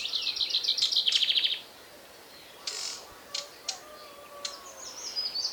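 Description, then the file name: Common Chaffinch song, a bright trill of rapid notes lasting over a second, followed by scattered sharp chirps and thin whistles. "Fringilla coelebs"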